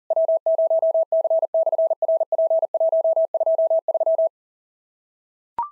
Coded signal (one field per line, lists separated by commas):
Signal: Morse code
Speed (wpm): 40 wpm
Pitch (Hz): 650 Hz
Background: none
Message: W0C/RP123